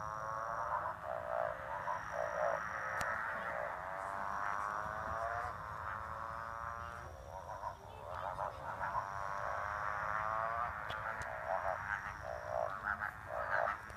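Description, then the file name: Motorbike frog calling in drawn-out, harmonic notes that waver and rise like a revving engine, several long calls with short breaks, and a faint steady high whine above. "Motorbike Frogs Call"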